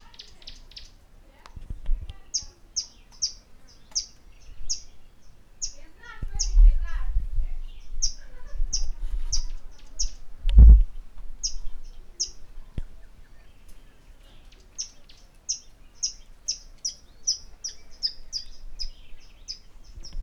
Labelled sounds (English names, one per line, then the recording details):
Malachite Kingfisher
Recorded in northern Uganda